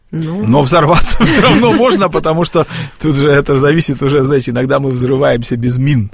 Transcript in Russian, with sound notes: Но взорваться все равно можно! (Смеется.) Потому что тут же это зависит уже... Знаете, иногда мы взрываемся без мин